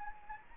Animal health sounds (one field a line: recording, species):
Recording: mosquito wingbeat signal from an infrared sensor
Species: Anopheles gambiae